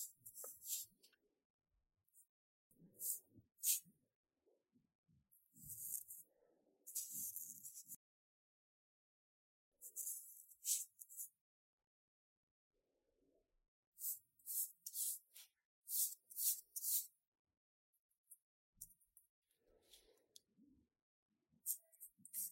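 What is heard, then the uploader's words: A brush writes a spring couplet, with short bright swishes of strokes on paper separated by pauses and faint low rustles. 寫春聯｜Writing Spring Couplet.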